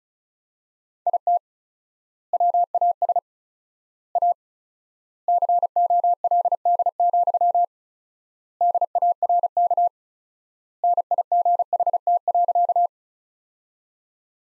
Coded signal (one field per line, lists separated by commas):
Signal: Morse code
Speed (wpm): 34 wpm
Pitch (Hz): 700 Hz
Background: none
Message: IT WAS A COLD, DARK NIGHT.